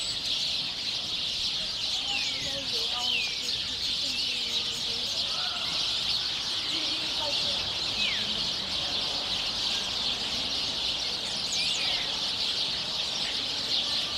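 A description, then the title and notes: Birds squabble in a building courtyard, a thick, steady chatter of bright chirps and quick downward-sliding squeaks that never lets up. Occasional lower calls and clucks break through around the middle, while a dull city hum sits underneath throughout. Birds, Northern Manhattan, NY, USA. This was recorded in a courtyard of a building on Fort Washington Ave., in Northern Manhattan, a few blocks south of Fort Tyron Park and The Cloisters. The birds sound as if they are fighting, though there’s probably some sort of social ritual being performed.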